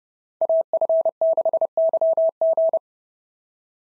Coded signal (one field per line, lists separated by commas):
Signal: Morse code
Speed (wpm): 26 wpm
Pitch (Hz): 650 Hz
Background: none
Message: AF6YG